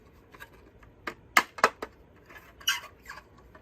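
A swivelling floor cleaner head attachment is slid onto the plastic wand of a Dyson V15 stick vacuum, giving a few light plastic knocks and scrapes around 1.1 s. The head locks home with its loudest sharp click at 1.4 s, seating the attachment. Quieter taps follow around 1.6 s, 1.8 s and 2.7 s.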